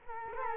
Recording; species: mosquito wingbeat signal from an infrared sensor; Culex quinquefasciatus